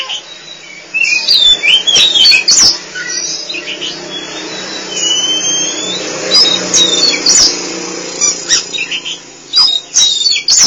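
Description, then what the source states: Oriental magpie-robin song of high whistles and chips, with a long drawn whistle mid-way. Song (kicauan).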